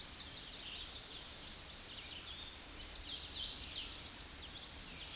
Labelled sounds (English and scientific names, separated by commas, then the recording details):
Tennessee Warbler (Leiothlypis peregrina) song
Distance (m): 35 m
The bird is about 15 m above the microphone
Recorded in a Pennsylvania forest on 16 May 2024 at 09:56
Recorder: AudioMoth, point MSD-0508
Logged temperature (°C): 15.5 °C
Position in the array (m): 67 m, 167 m